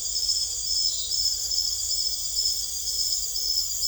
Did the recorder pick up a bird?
no